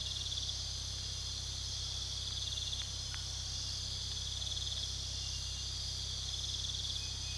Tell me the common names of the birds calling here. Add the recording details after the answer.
none. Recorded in pastures near Puerto Asís, Putumayo, Colombia, on 19 February 2024 at 02:00. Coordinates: 0.486, -76.323. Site G6462